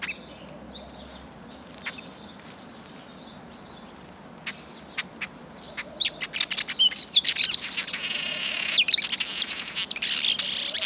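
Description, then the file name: Village weaver song: scattered sharp ticks at first, then a dense burst of harsh, buzzy, rattling chatter and sizzling notes over the final four seconds. "Village Weaver Ploceus cucullatus"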